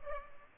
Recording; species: mosquito wingbeat signal from an infrared sensor; Culex pipiens